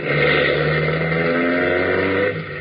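A car engine rumbles loudly and steadily, its low humming tones shifting slightly in pitch as it pulls away, then easing off near the end. No one speaks.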